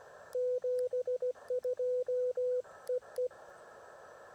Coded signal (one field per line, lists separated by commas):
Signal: Morse code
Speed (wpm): 16 wpm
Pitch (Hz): 500 Hz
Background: radio noise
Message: 72EE